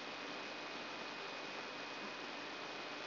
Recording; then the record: brain microelectrode recording played as sound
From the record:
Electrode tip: inside the subthalamic nucleus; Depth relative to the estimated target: 2 mm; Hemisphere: right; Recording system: AlphaMap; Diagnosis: Parkinson's disease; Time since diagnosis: 11 years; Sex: female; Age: 62 years